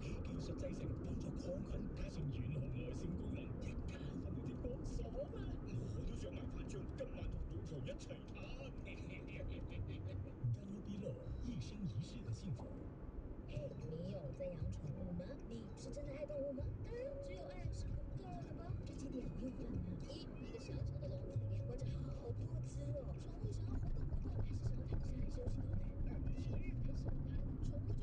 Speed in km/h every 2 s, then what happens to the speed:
80, 81, 79, 77, 76, 75, 74, 74, 74, 73, 73, 72, 70, 69.
0-28 slows to 69.